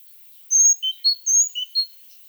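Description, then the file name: Great tit calls: a quick burst of about six clear, high, thin notes alternating between higher and lower pitch, lasting under two seconds, with a quiet background. "Parus major"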